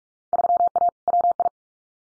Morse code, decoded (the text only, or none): 3A WI